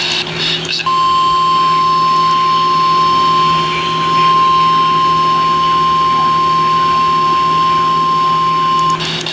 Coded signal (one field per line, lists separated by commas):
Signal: Emergency Alert System (SAME) tones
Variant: 1050 Hz attention tone